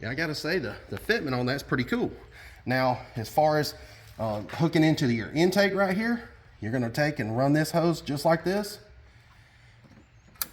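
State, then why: Seated. A man talks while routing the hose of a J & L oil catch can on a Jeep Gladiator/Wrangler 3.6 toward the engine intake. The hose's quick-connect fitting is pushed onto the intake port and snaps home with a sharp click at 10.4 s. The connector is seated.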